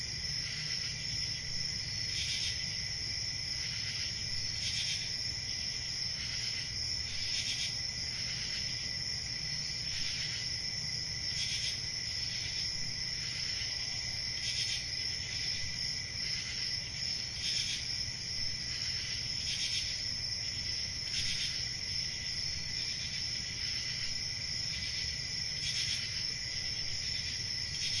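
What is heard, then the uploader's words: A dense, steady chorus of crickets trills high and bright, pulsing faintly about every two seconds over a low, constant rumble. Summer Nights from Sleep Easy.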